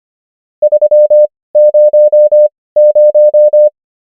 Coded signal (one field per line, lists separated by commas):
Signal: Morse code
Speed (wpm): 25 wpm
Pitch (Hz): 600 Hz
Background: none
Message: 300